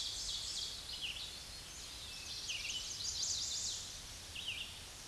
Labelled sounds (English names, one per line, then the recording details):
Red-eyed Vireo song
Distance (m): 30 m
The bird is about 10 m above the microphone
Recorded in a Pennsylvania forest on 16 May 2024 at 07:49
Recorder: AudioMoth, point MSD-2376
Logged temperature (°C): 16.7 °C
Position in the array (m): 150 m, 27 m